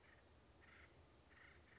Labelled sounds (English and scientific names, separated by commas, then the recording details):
Acorn Woodpecker (Melanerpes formicivorus)
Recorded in Sonoma County, California